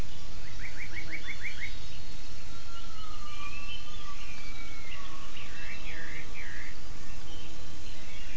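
Gibbon calls: a quick run of rising notes, then long gliding tones and several looping, hooked notes over a steady background hiss.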